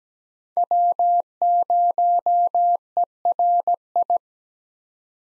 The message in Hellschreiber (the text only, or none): none